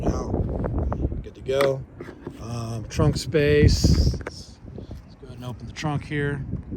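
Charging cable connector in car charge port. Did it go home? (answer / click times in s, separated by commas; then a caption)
released / 0.9 s. After the disconnect button is pressed on a Polestar 2's charge port, the charging cable connector unlocks with a sharp click at 0.9 s, releasing it so it can be pulled out while the port light turns solid yellow. A few smaller ticks surround the click, and someone talks throughout.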